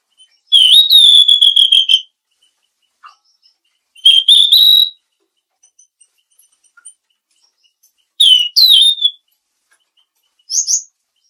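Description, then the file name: Mangrove blue flycatcher calling in short bursts of clear, high whistled notes, phrases separated by quiet pauses of a couple of seconds. "suara burung tledekan laut"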